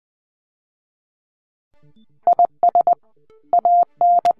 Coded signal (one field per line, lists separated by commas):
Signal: Morse code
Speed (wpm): 20 wpm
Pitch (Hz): 700 Hz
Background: none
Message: IS AN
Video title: Radio Amateurs Demonstrating Emergency Messaging Capabilities for Red Cross, FEMA